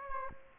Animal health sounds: mosquito wingbeat signal from an infrared sensor; Anopheles gambiae

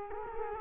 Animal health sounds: mosquito wingbeat signal from an infrared sensor; Culex quinquefasciatus

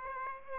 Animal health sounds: mosquito wingbeat signal from an infrared sensor; Aedes aegypti

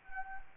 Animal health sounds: mosquito wingbeat signal from an infrared sensor; Anopheles arabiensis

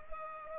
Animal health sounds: mosquito wingbeat signal from an infrared sensor; Culex pipiens

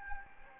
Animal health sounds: mosquito wingbeat signal from an infrared sensor; Anopheles gambiae

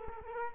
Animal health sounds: mosquito wingbeat signal from an infrared sensor; Culex quinquefasciatus

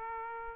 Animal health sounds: mosquito wingbeat signal from an infrared sensor; Aedes aegypti

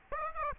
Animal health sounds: mosquito wingbeat signal from an infrared sensor; Aedes aegypti

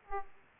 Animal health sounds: mosquito wingbeat signal from an infrared sensor; Aedes aegypti

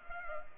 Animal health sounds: mosquito wingbeat signal from an infrared sensor; Culex pipiens

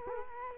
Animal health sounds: mosquito wingbeat signal from an infrared sensor; Culex quinquefasciatus

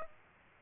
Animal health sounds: mosquito wingbeat signal from an infrared sensor; Aedes aegypti

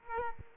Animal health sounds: mosquito wingbeat signal from an infrared sensor; Aedes aegypti

